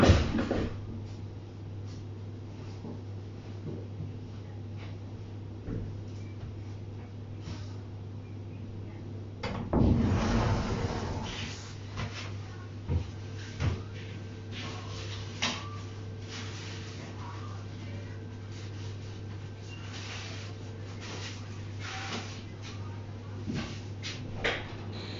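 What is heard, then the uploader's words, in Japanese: Everyday household sounds: a steady low hum underneath, with scattered clicks and knocks and a louder rustling burst around ten seconds. 生活音。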